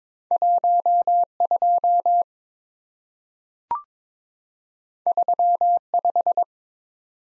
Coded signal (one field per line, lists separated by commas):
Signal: Morse code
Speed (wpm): 22 wpm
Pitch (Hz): 700 Hz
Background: none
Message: 12 35